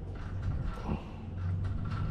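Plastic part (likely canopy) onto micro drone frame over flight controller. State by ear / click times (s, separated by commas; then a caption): not seated / none. A plastic part, likely the canopy, is positioned on the frame of a Mobula8 Analog ELRS micro FPV drone so it does not clash with components on the flight controller. Low handling rustle and light plastic contact fill the clip, with a brief louder bump around 1.9 s. Nothing has seated or clicked yet.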